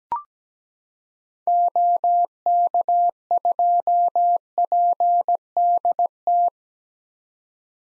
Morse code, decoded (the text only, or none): OK2PDT